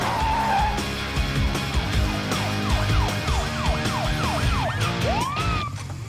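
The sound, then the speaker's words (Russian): A police car siren behind a moving car yelps in quick rising-and-falling sweeps, about a dozen cycles in a row, over a steady low rumble of road and engine noise. No one speaks. “Мам, сзади полиция. Прижимайся к обочине, сюда, сюда.”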